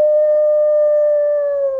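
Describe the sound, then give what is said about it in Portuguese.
A person imitates a wolf howl, in a roleplaying game, with one loud, sustained, steady vocal tone that dips slightly in pitch toward the end, heard alone without any talking. “Ok, pelo roleplay, só por causa do AU, eu deixo rolar de novo.”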